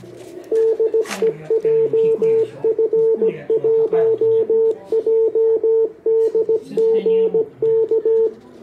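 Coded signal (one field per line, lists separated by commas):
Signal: Morse code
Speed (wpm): 16 wpm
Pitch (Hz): 450 Hz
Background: radio noise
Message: DE JF1JDG K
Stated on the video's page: Portable operation in Morse from Dōhō Park, Tsukuba, with an IC-705.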